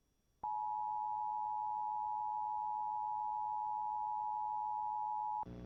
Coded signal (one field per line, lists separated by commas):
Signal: Emergency Alert System (SAME) tones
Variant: 853 and 960 Hz attention tone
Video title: EAS 3911-3919: Sunday Morning EAS Tests + SOME Relays From 10/23/22